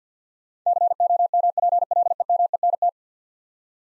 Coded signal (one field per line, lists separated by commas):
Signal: Morse code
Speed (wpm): 50 wpm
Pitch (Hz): 700 Hz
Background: none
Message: COMPLEMENT